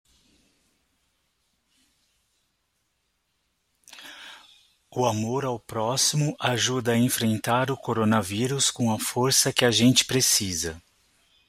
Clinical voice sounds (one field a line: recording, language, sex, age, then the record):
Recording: spoken sentence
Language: Brazilian Portuguese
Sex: male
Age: 40 to 49 years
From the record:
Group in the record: control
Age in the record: 47 years